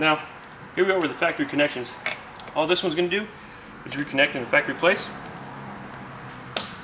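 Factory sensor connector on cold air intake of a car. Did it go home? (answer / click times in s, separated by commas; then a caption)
yes / 6.6 s. Someone talks while the factory electrical sensor connector is plugged back onto the new cold air intake of a car. A single sharp click at 6.6 s marks the connector seating in place.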